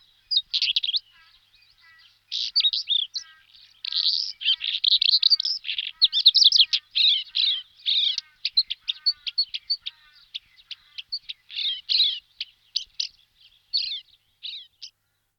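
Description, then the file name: Pied wheatear song: scratchy, varied warbled phrases with rapid chattering notes, then a string of short, separate chips and twitters toward the end. "Belorit belohlavy Oenanthe pleschanka"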